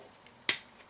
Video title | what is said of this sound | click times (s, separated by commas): Transformers Animated Japanese Jetpack (Hydrodive) Bumblebee Review | it far enough to hear that click on each side | 0.5 s